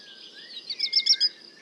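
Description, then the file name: Black redstart song: a thin steady whistle, then a short burst of scratchy, crackling notes in rapid sequence before it fades. At le Puech. "chant de rougequeue noir merle noir le Puech"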